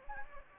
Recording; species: mosquito wingbeat signal from an infrared sensor; Anopheles gambiae